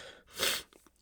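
A single sharp, hissing sneeze burst from an adult man who has been sick for three days with on-and-off congestion, brief and explosive, then quiet breathing.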